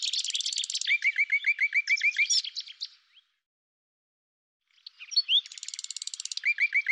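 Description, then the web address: Common nightingale song: a dense buzzy trill giving way to rapid repeated falling notes, silence for about one and a half seconds, then the buzzing and repeated notes return. "cianscape birddata Deverinetal 2025"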